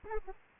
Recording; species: mosquito wingbeat signal from an infrared sensor; Aedes aegypti